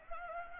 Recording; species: mosquito wingbeat signal from an infrared sensor; Anopheles arabiensis